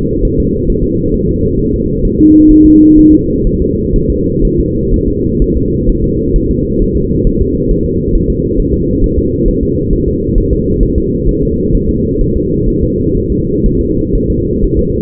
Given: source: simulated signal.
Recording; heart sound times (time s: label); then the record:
fetal heart sounds
0.25 s: S1
0.40 s: S2
0.70 s: S1
0.84 s: S2
1.14 s: S1
1.29 s: S2
1.59 s: S1
1.74 s: S2
2.05 s: S1
2.20 s: S2
2.51 s: S1
2.66 s: S2
2.99 s: S1
3.13 s: S2
3.47 s: S1
3.62 s: S2
3.96 s: S1
4.10 s: S2
4.45 s: S1
4.59 s: S2
4.94 s: S1
5.08 s: S2
5.42 s: S1
5.57 s: S2
5.89 s: S1
6.04 s: S2
6.36 s: S1
6.51 s: S2
6.82 s: S1
6.97 s: S2
7.27 s: S1
7.41 s: S2
7.71 s: S1
7.86 s: S2
8.16 s: S1
8.30 s: S2
8.60 s: S1
8.74 s: S2
9.04 s: S1
9.19 s: S2
9.48 s: S1
9.63 s: S2
9.93 s: S1
10.08 s: S2
10.38 s: S1
10.53 s: S2
10.83 s: S1
10.98 s: S2
11.29 s: S1
11.43 s: S2
11.75 s: S1
11.89 s: S2
12.21 s: S1
12.36 s: S2
12.69 s: S1
12.84 s: S2
13.17 s: S1
13.32 s: S2
13.66 s: S1
13.81 s: S2
14.15 s: S1
14.30 s: S2
14.64 s: S1
14.79 s: S2
From the record:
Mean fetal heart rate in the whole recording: 130 bpm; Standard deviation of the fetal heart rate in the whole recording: 4 bpm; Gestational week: 38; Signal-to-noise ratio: -14.7 dB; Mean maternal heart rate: 72 bpm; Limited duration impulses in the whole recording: present